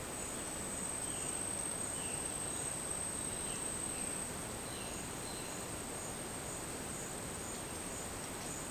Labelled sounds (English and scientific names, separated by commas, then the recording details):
Violaceous Jay (Cyanocorax violaceus)
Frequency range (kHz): Violaceous Jay (Cyanocorax violaceus) 2.1-4.5 kHz
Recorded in dense forest near Puerto Asís, Putumayo, Colombia, on 23 June 2025 at 10:30
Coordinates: 0.484, -76.317
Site G045